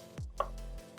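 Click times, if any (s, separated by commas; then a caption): 0.4 s. An iPhone in a MagSafe-compatible case is placed onto a metal magnetic charging desk stand, with a low thud at 0.2 seconds followed by a sharp snap at 0.4 seconds as it clicks into place. A steady low hum continues until about 0.8 seconds, and the phone is seated and shows that it is charging.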